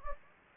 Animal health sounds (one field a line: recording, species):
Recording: mosquito wingbeat signal from an infrared sensor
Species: Anopheles gambiae